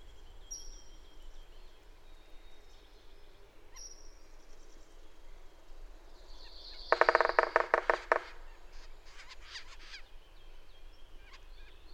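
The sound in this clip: Bird: faint high whistles, then a bird's loud rapid chattering burst of repeated notes lasting about a second, followed by softer high clicks.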